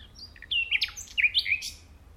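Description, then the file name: Common nightingale song fragment: quick slurred whistles sweeping down and up, loud and varied. "Luscinia megarhynchos"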